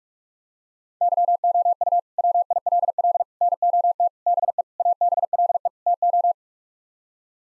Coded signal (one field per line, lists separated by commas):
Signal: Morse code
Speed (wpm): 46 wpm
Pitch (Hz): 700 Hz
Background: none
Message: YOU WILL NOT BE ABLE TO